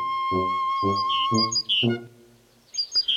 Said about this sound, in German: Die Kohlmeise.